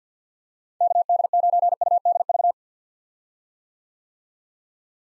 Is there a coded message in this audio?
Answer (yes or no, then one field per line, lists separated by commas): yes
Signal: Morse code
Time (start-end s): 0.8-2.5 s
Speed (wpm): 50 wpm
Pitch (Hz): 700 Hz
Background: none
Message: KD9UDV